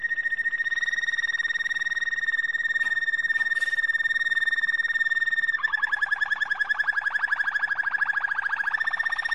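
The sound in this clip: Domestic canary holding a steady ringing trill, then shifting into a very fast bubbling trill.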